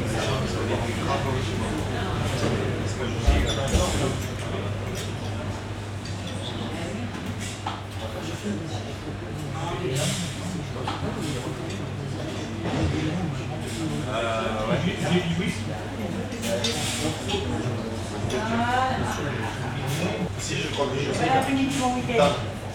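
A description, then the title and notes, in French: A small-town market in Auneau, filled with overlapping voices of people talking, a man's voice often standing out. A steady low hum runs underneath throughout, and brief clatters and sharper bursts punctuate the chatter, notably around three, ten and seventeen seconds. Impression sonore du marché de la petite ville de Auneau réalisée à partir des enregistrements de Nicolas Dubois (© Sound Fishing).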